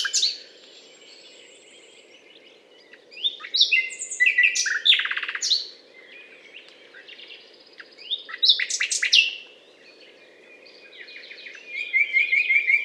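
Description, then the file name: Common nightingale singing varied phrases: sharp chattering bursts, thin high notes and a fast trill of repeated clicks, separated by short pauses. Recorded on a limestone butte in France, on 19 May 2012. "rossignol philomele Butte calcaire de Gratacap"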